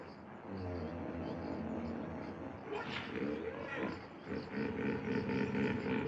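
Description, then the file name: Hippopotamus grunting calls, a series of low harmonic pulses in several bouts. "Begemot gippopotam"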